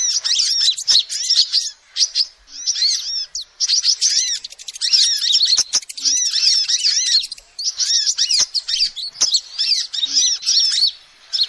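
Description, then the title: Lovebird chatter: harsh high squeaks tumble out in long runs, broken by brief silences, with sharp ticking clicks mixed in. Recording used as a lure to trap birds. "PIKAT BURUNG LOVEBIRD"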